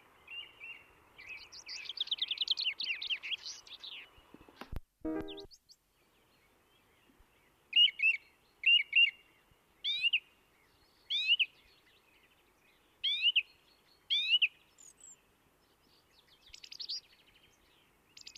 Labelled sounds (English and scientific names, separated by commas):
Song Thrush (Turdus philomelos) song